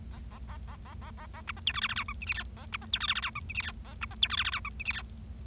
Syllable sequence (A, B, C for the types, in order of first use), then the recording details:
A A A A A A A A B C D E F F G H I J K A B C D E F F G H I J K A B C D E F F G H I J K. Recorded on 25 March 2012 at 14:01. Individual gy6or6